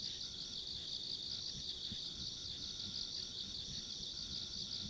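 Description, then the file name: Insect chorus of shrill pulsing chirrs holding steady, a thin higher tone above, and low ambient rumble. Ambient insect sounds along a rural country road. "田舎道の虫の環境音"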